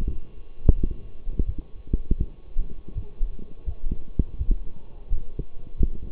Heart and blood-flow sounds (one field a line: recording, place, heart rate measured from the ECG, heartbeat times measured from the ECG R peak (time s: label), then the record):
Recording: heart sounds by stethoscope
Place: between the tricuspid and mitral areas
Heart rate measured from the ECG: 84 bpm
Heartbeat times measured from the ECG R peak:
0.06 s: heartbeat
0.75 s: heartbeat
1.45 s: heartbeat
2.17 s: heartbeat
2.94 s: heartbeat
3.65 s: heartbeat
4.37 s: heartbeat
5.08 s: heartbeat
5.77 s: heartbeat
From the record:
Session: walking at 3.7 km/h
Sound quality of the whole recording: partially saturated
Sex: male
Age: 24 years